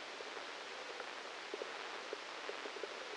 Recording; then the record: brain microelectrode recording played as sound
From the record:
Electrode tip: inside the subthalamic nucleus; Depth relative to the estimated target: -1 mm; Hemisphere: left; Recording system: NeuroSet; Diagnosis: Parkinson's disease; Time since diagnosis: 8 years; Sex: male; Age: 37 years